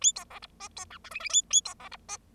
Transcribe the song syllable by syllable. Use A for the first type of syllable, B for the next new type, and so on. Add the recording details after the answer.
A B C D E B F G H H A A B C D E. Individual Bird0